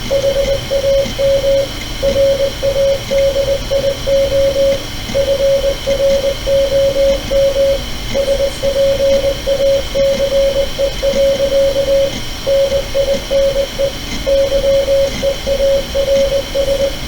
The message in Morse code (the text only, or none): HAM RADIO FROM SPACE. NINE YEARS